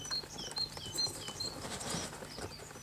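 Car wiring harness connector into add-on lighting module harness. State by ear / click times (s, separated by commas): not seated / none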